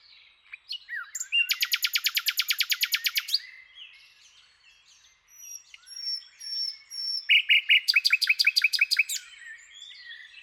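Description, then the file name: Common nightingale song: a rapid, loud trill of repeated notes, a quieter varied passage with thin whistles, then another fast repeated-note burst. "Luscinia megarhynchos"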